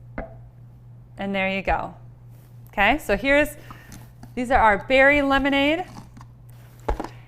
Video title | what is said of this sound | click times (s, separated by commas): Simply Fun Cooking - New Summer Favorites! | you just put your quickest achill right in there it just locks into place and there | 0.2 s